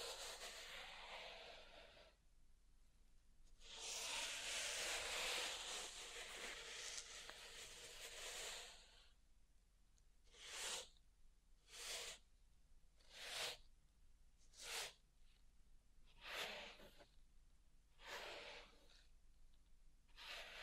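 Pink salt is raked and brushed through a zen garden, starting with long, dense, bright hissing strokes. A short pause breaks it at about two seconds. From ten seconds on come brief, crisp swishes at a steady pace, roughly one every second and a half.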